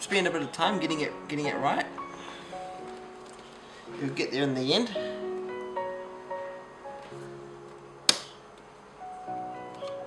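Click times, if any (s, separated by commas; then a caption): 8.1 s. A swiveled face plate of a Uniden MC-615 marine VHF radio, lined up with its screw holes, is pushed into the radio housing while someone talks over background music. One sharp snap at 8.1 s marks the face plate seating in the housing.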